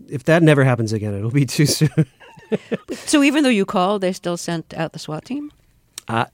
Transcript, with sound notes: if that never happens again, it'll be too soon. (Laughing).
So even though you called, they still sent out the SWAT team?